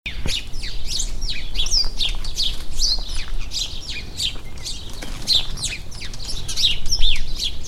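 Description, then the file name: House sparrows chirping busily, many quick bright chirps overlapping without pause over a low background hum. "Passer domesticus"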